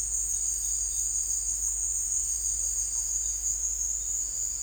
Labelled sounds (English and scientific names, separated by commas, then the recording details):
none
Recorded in secondary vegetation near Puerto Asís, Putumayo, Colombia, on 20 December 2024 at 16:00
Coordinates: 0.484, -76.319
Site GP06